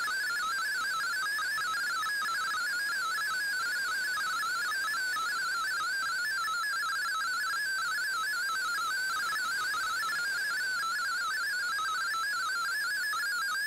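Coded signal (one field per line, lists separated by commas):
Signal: multi-tone FSK (Olivia or MFSK type)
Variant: MFSK32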